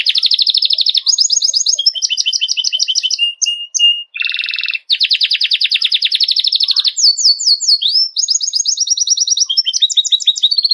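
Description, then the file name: Canary singing continuous rapid trills, a steady level whistle and a short harsh buzz, followed by more fast rolling trills and quick rising and falling whistled notes. White Belgian canary. "canto do canario belga branco"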